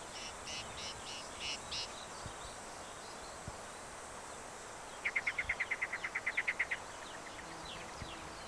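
Black-capped vireo: a few faint notes early, then a rapid, even series of sharp chattering notes lasting nearly two seconds, over steady background hiss.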